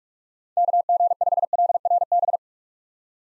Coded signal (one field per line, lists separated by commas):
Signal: Morse code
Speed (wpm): 46 wpm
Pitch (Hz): 700 Hz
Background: none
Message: KG5LRB